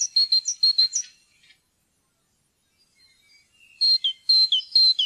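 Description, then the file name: Great tit singing a quick, see-sawing two-note phrase several times, then a pause of about two seconds before the ringing phrases resume. "kjoettmeis"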